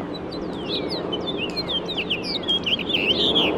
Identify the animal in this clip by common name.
House Finch